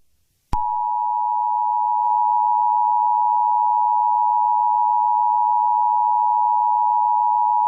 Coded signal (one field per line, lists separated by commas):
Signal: Emergency Alert System (SAME) tones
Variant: 853 and 960 Hz attention tone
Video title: EAS Scenario 24: The Doom Rig (REMASTERED)